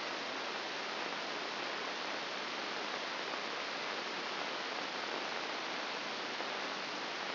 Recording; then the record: brain microelectrode recording played as sound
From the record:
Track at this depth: inside the subthalamic nucleus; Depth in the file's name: 4.302 mm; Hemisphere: left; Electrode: 2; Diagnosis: Parkinson's disease